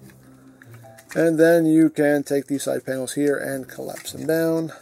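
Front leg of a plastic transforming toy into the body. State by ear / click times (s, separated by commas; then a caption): seated / 0.6 s. A front leg of a plastic Studio Series '86 Sludge transforming toy robot is brought forward and snaps into its tab connection on the body with a sharp click at 0.6 s, followed by a softer tick at 1.0 s. Someone then talks over quiet background music. The leg is seated in place.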